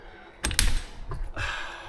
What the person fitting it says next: Well, it snaps into place, that's good.